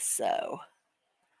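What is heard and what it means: An L-shaped mini plastic brick is handled and pressed toward its place on the model while someone talks briefly, followed by near silence. The part has not gone home yet, and nothing has seated or clicked.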